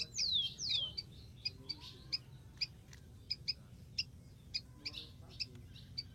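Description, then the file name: Rufous-collared sparrow song: two clear downslurred whistles open, then sharp high chips continue through a steady low background hum. "canto do tico tico"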